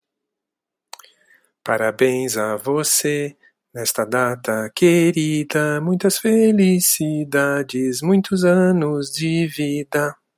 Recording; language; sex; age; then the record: short text; Brazilian Portuguese; male; 50 to 59 years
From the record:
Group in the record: control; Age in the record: 58 years